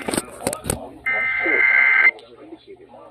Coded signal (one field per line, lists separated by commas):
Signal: Emergency Alert System (SAME) tones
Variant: header bursts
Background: speech